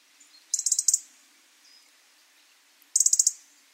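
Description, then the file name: European robin calling with two quick rattling series of about six dry, high ticks each, separated by a pause. "Erithacus rubecula"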